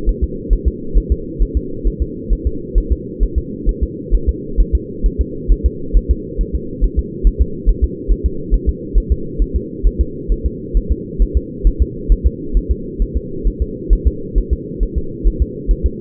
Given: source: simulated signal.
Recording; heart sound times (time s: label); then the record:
fetal heart sounds
0.09 s: S1
0.24 s: S2
0.53 s: S1
0.68 s: S2
0.98 s: S1
1.12 s: S2
1.42 s: S1
1.57 s: S2
1.88 s: S1
2.02 s: S2
2.33 s: S1
2.47 s: S2
2.78 s: S1
2.92 s: S2
3.23 s: S1
3.38 s: S2
3.69 s: S1
3.83 s: S2
4.15 s: S1
4.29 s: S2
4.60 s: S1
4.75 s: S2
5.06 s: S1
5.21 s: S2
5.52 s: S1
5.66 s: S2
5.97 s: S1
6.11 s: S2
6.41 s: S1
6.55 s: S2
6.84 s: S1
6.99 s: S2
7.27 s: S1
7.42 s: S2
7.69 s: S1
7.84 s: S2
8.12 s: S1
8.26 s: S2
8.54 s: S1
8.69 s: S2
8.98 s: S1
9.12 s: S2
9.42 s: S1
9.56 s: S2
9.87 s: S1
10.01 s: S2
10.32 s: S1
10.46 s: S2
10.77 s: S1
10.92 s: S2
11.22 s: S1
11.37 s: S2
11.67 s: S1
11.82 s: S2
12.12 s: S1
12.27 s: S2
12.57 s: S1
12.72 s: S2
13.02 s: S1
13.17 s: S2
13.47 s: S1
13.62 s: S2
13.93 s: S1
14.08 s: S2
14.38 s: S1
14.53 s: S2
14.83 s: S1
14.98 s: S2
15.27 s: S1
15.42 s: S2
15.71 s: S1
15.86 s: S2
From the record:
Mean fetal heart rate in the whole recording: 135 bpm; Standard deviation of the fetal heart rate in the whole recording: 3 bpm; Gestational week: 36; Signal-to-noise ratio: -4.3 dB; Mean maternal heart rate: 72 bpm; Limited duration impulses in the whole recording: present